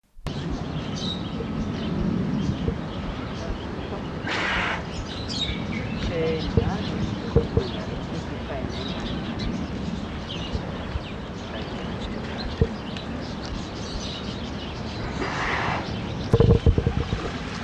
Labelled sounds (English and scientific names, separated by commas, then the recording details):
Polar Bear (Ursus maritimus) snorting
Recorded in captivity
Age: adult
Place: Zoo Berlin, Berlin, DE
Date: 1985-09-05 12:23
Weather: overcast, 15°C
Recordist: Tembrock, Günter